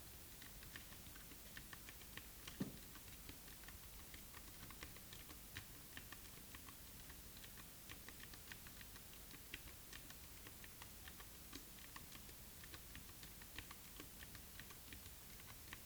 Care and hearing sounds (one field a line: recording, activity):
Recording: daily activity, guitar pickup as the sensor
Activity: type